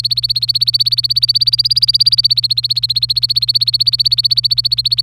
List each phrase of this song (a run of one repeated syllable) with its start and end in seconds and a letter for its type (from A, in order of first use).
0.00-5.01 A